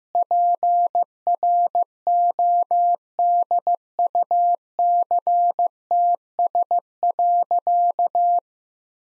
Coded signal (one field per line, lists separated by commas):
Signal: Morse code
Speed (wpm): 16 wpm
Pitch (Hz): 700 Hz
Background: none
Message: PRODUCTS.